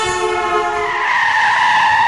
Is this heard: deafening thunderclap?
no